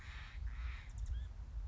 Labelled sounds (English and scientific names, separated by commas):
Steller's Jay (Cyanocitta stelleri)